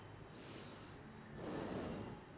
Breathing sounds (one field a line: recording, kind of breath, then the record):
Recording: one breath in and out by a microphone near the nose and mouth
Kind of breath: normal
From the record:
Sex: male